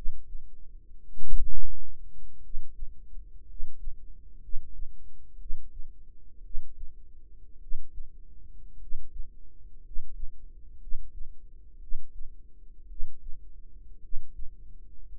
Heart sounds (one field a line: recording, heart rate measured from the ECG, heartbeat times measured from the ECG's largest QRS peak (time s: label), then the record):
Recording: heart sounds by microphone in the right ear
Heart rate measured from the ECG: 56 bpm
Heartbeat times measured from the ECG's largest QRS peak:
1.16 s: heartbeat
2.39 s: heartbeat
3.43 s: heartbeat
4.38 s: heartbeat
5.36 s: heartbeat
6.40 s: heartbeat
7.57 s: heartbeat
8.76 s: heartbeat
9.79 s: heartbeat
10.77 s: heartbeat
11.77 s: heartbeat
12.85 s: heartbeat
13.98 s: heartbeat
15.05 s: heartbeat
From the record:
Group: healthy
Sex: male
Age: 25 years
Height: 170 cm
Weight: 70.4 kg